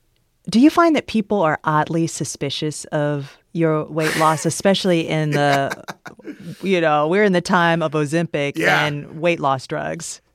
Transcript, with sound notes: Do you find that people are oddly suspicious of your weight loss, especially in the...
(Laughter).
You know, we're in the time of Ozempic...
Yeah.
And weight loss drugs.